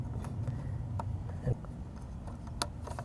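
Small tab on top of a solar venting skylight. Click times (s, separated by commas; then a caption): 2.6 s. A small tab on top of a solar venting skylight is lined up and pushed until it clicks into place, with a sharp click at 2.6 s standing out above several fainter ticks and taps. The tab is seated. No one talks.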